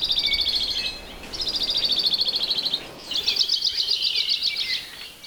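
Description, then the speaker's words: Hawaii creeper trills: three rapid, high trills, each about a second long, the first two dropping slightly in pitch, over steady background hiss. Males give a conspicuous descending trill, often the best way to find the bird. "listening for the very conspicuous, descending trill of the males is often the best way to find an alavi."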